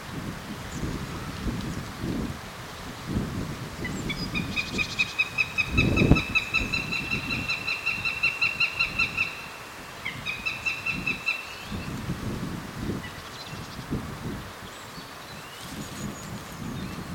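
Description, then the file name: Northern goshawk giving a long, rapid series of sharp, nasal kek notes for about five seconds, then a shorter burst, over wind and low rumbling background noise. "Accipiter gentilis - Northern Goshawk"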